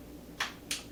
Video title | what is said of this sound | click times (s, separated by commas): Stuffed Zucchini Bites 08.19.21.12 | This pushes down in there and locks into place. | 0.4 s, 0.7 s